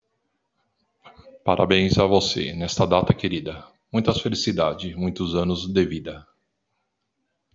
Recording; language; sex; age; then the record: short text; Brazilian Portuguese; male; 50 to 59 years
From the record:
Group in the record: control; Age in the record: 55 years